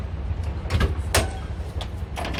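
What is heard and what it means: A vehicle door is shut during a walk-around check, and its latch seats into the door-frame striker with a loud thump at 1.1 s. Softer knocks come before and after it, over a low background rumble, and the door is left properly closed and locked.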